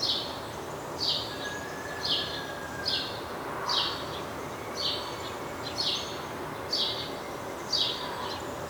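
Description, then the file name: House sparrow chirping steadily, about one rough chirp per second, with a faint hum and steady background noise. "Passer domesticus"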